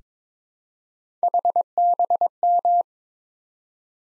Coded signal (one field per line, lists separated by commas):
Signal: Morse code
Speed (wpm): 22 wpm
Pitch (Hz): 700 Hz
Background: none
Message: HBM